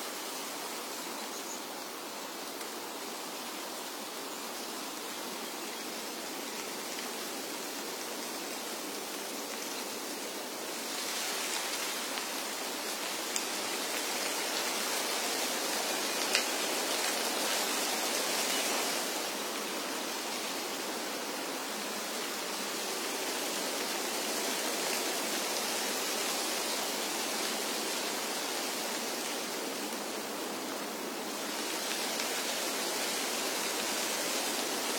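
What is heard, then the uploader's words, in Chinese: Wind rustles through tree leaves in a dense, steady hiss, swelling louder around eleven to nineteen seconds and again near thirty-one. 风吹树叶。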